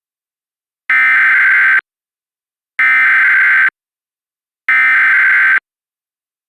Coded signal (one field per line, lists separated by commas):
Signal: Emergency Alert System (SAME) tones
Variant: header bursts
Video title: EAS Reenactment Mock: Tornado Warning for Davidson County, NC - 03/18/2021